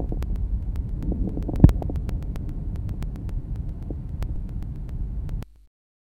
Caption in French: Les Rales Crépitants. Crépitants de fin d'inspiration. Est mieux perçu lors d'une ventilation à faible fréquence et grand volume courant. Il s'observe dans les pathologies de l'alvéole.